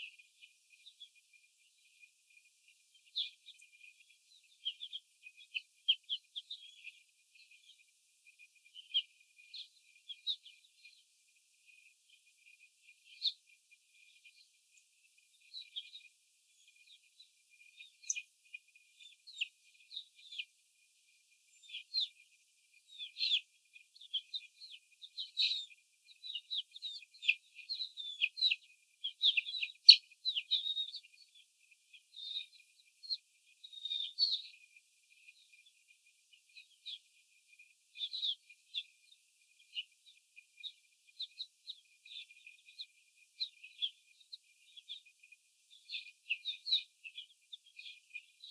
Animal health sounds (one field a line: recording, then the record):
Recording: young laying hens in a cage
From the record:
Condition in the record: before the stressor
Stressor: simulated dog barking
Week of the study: 4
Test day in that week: 3